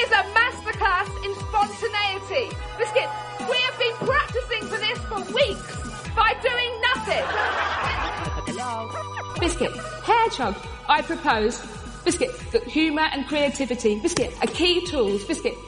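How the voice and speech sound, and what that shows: An adult woman speaks fluently while the word "biscuit" breaks in five times and "hedgehog" once, cutting into her sentences. These are vocal tics of Tourette syndrome, noises she cannot control. Light laughter is heard in the background.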